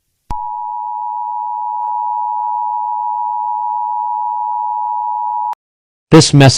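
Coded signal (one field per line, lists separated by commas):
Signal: Emergency Alert System (SAME) tones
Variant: 853 and 960 Hz attention tone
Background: speech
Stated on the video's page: Fictional alert tones for a simulated deadly computer virus scenario.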